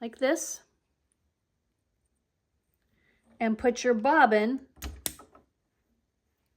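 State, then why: Seated. A plastic bobbin is pushed down onto the bobbin-winder spindle of a PooLin EOC02 sewing machine while someone talks. It snaps on with a sharp click at 5.1 s, followed by a faint tap, and the bobbin is seated on the spindle.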